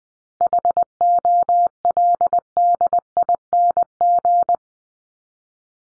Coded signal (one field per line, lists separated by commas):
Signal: Morse code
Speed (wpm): 20 wpm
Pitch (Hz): 700 Hz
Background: none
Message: HOLDING